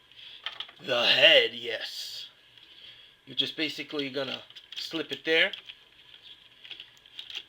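A plastic armor piece from a FansProject City Commander upgrade set is handled and slipped onto the head/torso area of a transforming action figure while someone talks. Light plastic taps and rustles are heard near the start and again at the end. Nothing has seated or snapped into place yet.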